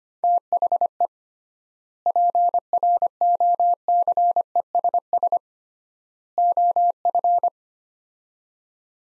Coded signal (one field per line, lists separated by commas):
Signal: Morse code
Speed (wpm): 25 wpm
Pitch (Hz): 700 Hz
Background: none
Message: THE PROCESS OF